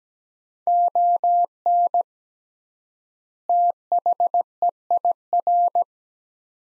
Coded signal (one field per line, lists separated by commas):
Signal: Morse code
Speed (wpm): 17 wpm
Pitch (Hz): 700 Hz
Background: none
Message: ON THEIR